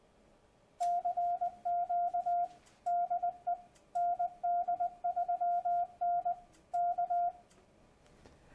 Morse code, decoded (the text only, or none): CQ DE ND3N K